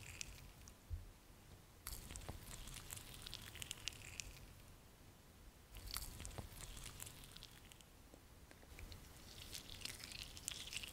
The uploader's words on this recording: ASMR Natural Spa Facial Treatment & Scalp Massage.